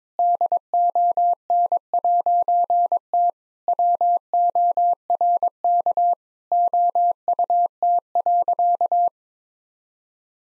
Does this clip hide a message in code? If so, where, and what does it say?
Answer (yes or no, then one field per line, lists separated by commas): yes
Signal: Morse code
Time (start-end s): 0.2-9.1 s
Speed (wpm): 22 wpm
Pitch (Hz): 700 Hz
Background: none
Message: DON'T WORK OUT.